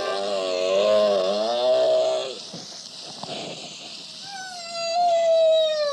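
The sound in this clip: Humpback whale song: a long harmonic moaning unit that wavers and bends in pitch, then a gap and a higher, falling tonal note.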